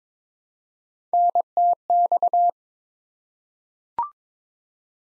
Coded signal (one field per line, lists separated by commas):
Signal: Morse code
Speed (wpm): 22 wpm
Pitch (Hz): 700 Hz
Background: none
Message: NTX